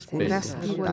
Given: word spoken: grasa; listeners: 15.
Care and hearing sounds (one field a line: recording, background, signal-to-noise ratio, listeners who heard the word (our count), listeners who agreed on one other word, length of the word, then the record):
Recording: one Spanish word in noise, from a listening test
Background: four-talker babble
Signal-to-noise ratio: -2.1 dB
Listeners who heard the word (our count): 1 of 15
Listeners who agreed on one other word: 7 of 15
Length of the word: 0.52 s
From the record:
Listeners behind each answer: 7, 2, 1, 1, 1, 1, 1, 1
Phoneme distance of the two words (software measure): 17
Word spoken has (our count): 2 syllables, 5 phonemes, stress on syllable 1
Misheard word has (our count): 2 syllables, 4 phonemes, stress on syllable 1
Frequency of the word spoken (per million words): 25.01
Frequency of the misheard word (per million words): 557.58